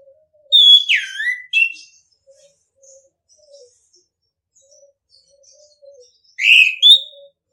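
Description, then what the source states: Orange-headed thrush song: a rich downslurred whistle with chattering notes, then after a pause another loud phrase, with faint intermittent low notes in the background. Training recording (masteran) of orange-headed thrush song for birds to learn from; song style called ngeplong.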